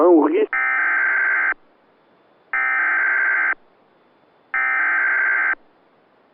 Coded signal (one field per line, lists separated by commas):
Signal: Emergency Alert System (SAME) tones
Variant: header bursts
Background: speech